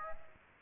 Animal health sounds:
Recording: mosquito wingbeat signal from an infrared sensor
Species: Aedes aegypti

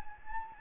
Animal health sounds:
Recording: mosquito wingbeat signal from an infrared sensor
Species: Anopheles gambiae

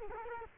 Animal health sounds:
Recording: mosquito wingbeat signal from an infrared sensor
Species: Culex quinquefasciatus

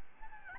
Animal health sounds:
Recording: mosquito wingbeat signal from an infrared sensor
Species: Aedes albopictus

